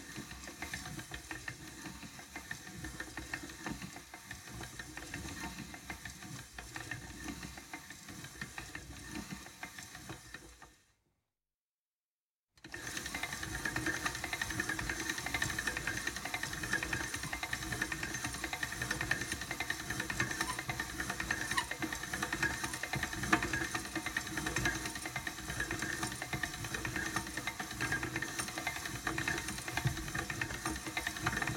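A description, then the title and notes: A pasta machine is cranked in a steady, dense mechanical grind full of rattling and faint squeaky tones. It stops dead for about two seconds near the 11-second mark, then resumes louder and brighter, continuing evenly to the end. Cranking A Pasta Machine, Different Speeds, Squeaking. Recorded different actions of a pasta machine.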